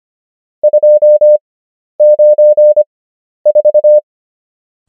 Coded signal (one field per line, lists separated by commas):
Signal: Morse code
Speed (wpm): 25 wpm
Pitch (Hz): 600 Hz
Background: none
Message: 294